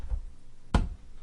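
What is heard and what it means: A bare SATA hard drive is slid down into a USB docking station until its connector seats, with one sharp, knock-like click at 0.8 s. The drive is seated: the dock's eject button has popped up and the drive feels firm.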